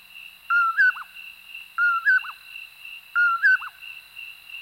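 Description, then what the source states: Common Poorwill song: a clear whistled poor-will-ip, a steady note, a higher note and a short drop, repeated three times at even intervals over a steady high background tone. Sagebrush and chaparral habitats of the West; whistles poorwill or poorwillip repeated over and over.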